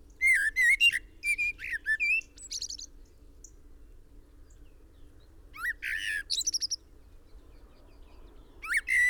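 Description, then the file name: Common blackbird calling with a rapid series of scratchy, upslurred notes at the start, then a pause, a second harsh bout, and the start of a third at the very end, faint hum underneath. "Turdus merula"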